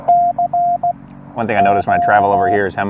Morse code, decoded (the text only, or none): CQ